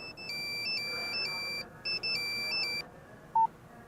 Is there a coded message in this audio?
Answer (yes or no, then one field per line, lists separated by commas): no